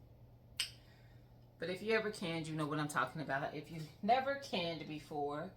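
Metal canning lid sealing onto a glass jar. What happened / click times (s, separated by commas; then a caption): The metal lid popped down as the jar sealed / 0.6 s. A metal canning lid on a glass jar of freshly canned green beans pulls down with a single sharp ping at 0.6 s as the vacuum seals it. The lid is seated, and afterward someone talks.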